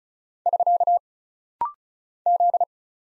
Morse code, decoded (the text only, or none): <SK> Z